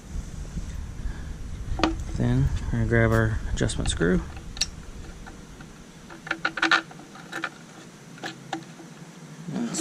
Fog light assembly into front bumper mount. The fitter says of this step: line it up on this side, push it in until it snaps.